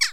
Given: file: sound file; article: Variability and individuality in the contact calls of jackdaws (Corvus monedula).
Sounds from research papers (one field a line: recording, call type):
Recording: jackdaw call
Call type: harmonic